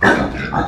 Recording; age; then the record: pig call; growing-finishing pig (85 days or more)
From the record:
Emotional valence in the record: negative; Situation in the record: barren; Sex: male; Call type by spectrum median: low-frequency call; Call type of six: low-frequency tonal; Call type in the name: low-frequency tonal, not sure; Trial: 1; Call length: 0.68 s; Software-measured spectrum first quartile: 399 Hz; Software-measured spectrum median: 893 Hz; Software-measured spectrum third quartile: 1607 Hz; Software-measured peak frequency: 207 Hz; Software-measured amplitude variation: 124 dB a second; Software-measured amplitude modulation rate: 28.6 a second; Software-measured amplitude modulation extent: 4.3 dB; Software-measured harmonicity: 0.4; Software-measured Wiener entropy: -1.18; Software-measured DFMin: 681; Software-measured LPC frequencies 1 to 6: 677, 1684, 3652, 5711, 6617, 7952 Hz